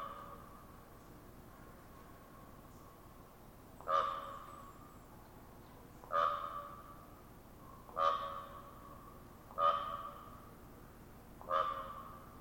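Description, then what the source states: Common raven giving sharp popping calls with a hollow ringing tone, five notes spaced about two seconds apart over a quiet background. Ravens giving popping calls in a conversational exchange.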